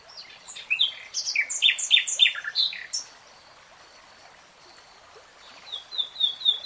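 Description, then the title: Nightingale song: a jumble of sharp, varied high chirps and slurred notes for about two seconds, a pause, then a run of quick slurred notes. "[Tiếng chim hót] REALTIME Nightingale Singing"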